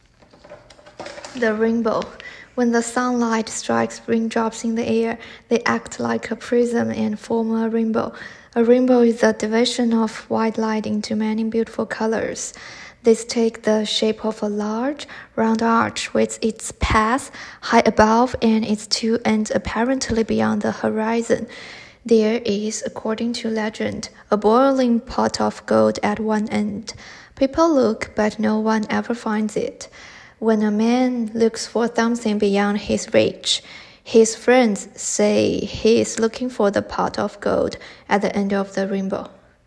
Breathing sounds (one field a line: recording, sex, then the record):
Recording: reading aloud after running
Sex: male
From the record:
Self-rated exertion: moderate exertion (3 of 6)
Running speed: 5 miles an hour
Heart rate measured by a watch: 111 beats a minute at the start, 104 at the end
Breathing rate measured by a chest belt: 18 breaths a minute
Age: 25 years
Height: 174 cm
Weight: 71 kg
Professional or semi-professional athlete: no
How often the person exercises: 3 to 5 times a week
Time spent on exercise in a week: 2 to 3 hours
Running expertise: no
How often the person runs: 1 to 2 times a week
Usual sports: running, swimming, badminton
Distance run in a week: 8 km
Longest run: 10 km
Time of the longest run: 48 minutes